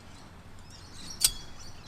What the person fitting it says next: Once you hear that audible click you'll see that the button has located into place.